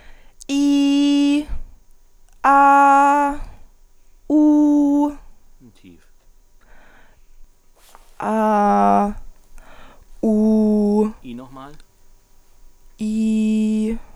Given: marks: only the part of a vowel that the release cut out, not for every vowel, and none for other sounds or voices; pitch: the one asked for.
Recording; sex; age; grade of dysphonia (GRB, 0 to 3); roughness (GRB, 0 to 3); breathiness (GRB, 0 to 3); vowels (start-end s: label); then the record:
sustained vowels; female; 20 to 29 years; 0; 0; 0
0.54-1.34 s: vowel /i/, high pitch
2.47-3.27 s: vowel /a/, high pitch
4.34-5.01 s: vowel /u/, high pitch
8.27-9.01 s: vowel /a/, low pitch
10.27-10.96 s: vowel /u/, low pitch
13.04-13.88 s: vowel /i/, low pitch
From the record:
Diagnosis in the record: healthy voice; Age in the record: 21 years